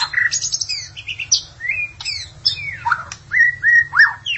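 Magpie-robin or shama song of varied whistles: flat sustained notes, downward slides and quick rising slurs in rapid succession.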